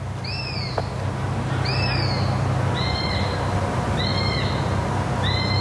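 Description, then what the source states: Eurasian sparrowhawk juvenile begging with thin, high whistles, several calls over a steady low rumble. Juvenile begging for food.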